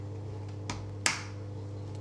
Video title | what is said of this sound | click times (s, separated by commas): Anti-Doping -- Sample Collection Process | that's it and just put it on top of the collection vessel and push down till you hear a loud click | 1.1 s